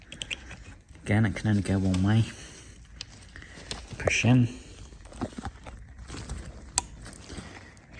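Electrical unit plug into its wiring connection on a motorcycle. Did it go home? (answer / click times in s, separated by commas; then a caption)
yes / 6.8 s. On a 2015 Kawasaki ZX-10R, during a spark plug replacement, an electrical unit's plug, which fits only one way, is pushed into its wiring connection while someone talks. Soft handling taps and rustles are followed by a single loud, sharp click at 6.8 s. The plug is seated and connected.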